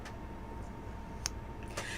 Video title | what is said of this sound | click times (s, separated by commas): MEN's MAKEUP & Skin Care Day w. Kevin & Toni Marie | That popping sound tells you that your mascara is fresh. | 1.3 s